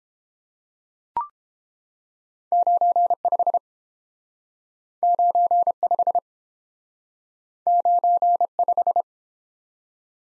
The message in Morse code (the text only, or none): 95 95 95